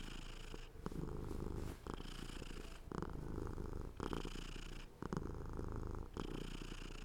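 Domestic cat purring, deep rumbling pulses alternating with brief breath pauses.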